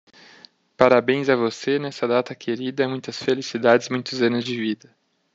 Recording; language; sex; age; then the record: short text; Brazilian Portuguese; male; 30 to 39 years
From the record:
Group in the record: control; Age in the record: 33 years